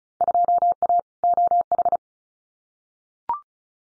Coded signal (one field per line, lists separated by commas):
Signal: Morse code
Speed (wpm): 34 wpm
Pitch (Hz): 700 Hz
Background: none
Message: 2A OH